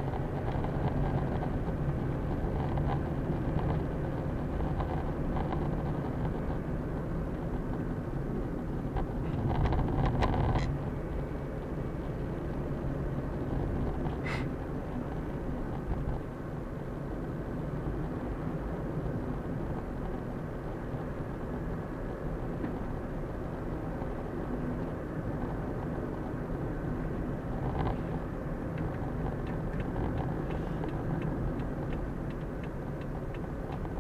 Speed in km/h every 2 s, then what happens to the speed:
43, 46, 48, 48, 44, 43, 46, 47, 47, 49, 51, 51, 53, 53, 52, 49, 46.
0-10 steady at about 44. 10-24 speeds up to 53. 24-34 slows to 46.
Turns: none.